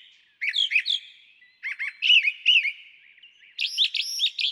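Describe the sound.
Brown Thrasher song of quick paired chirps and slurred whistles, phrases running almost continuously with few breaks.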